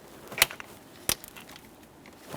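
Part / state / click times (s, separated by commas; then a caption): wiring harness connector into throttle body / seated / 1.1 s. A wiring harness connector is pressed by hand onto the back of the throttle body on a new plastic upper intake plenum of a 2011-2020 Toyota Sienna 3.5L V6, with the connector then given a tug to check it is secured. A few sharp handling taps sound around 0.4 to 0.6 s before a crisp click at 1.1 s as the connector seats and locks in place.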